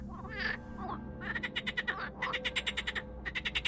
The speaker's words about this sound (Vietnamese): một con ếch có màu đen đúa. Nó ngồi chễm chệ trên bụng thằng nhút rồi cứ như vậy kêu lên